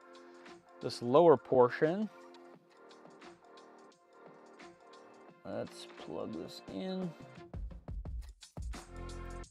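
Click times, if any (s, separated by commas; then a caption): 7.9 s. A three-wire fan cable plug is pushed into its connector on a Prusa MK4S kit printer, seating with a sharp click at 7.9 seconds, followed by a few smaller clicks. Someone talks while electronic music plays in the background.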